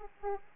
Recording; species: mosquito wingbeat signal from an infrared sensor; Aedes aegypti